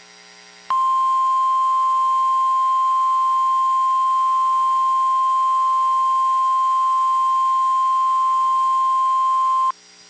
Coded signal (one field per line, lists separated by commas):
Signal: Emergency Alert System (SAME) tones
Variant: 1050 Hz attention tone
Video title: 1 Week Prior from the 2022 Tsunami Communications Drill RWTs (EAS #1031-#1039)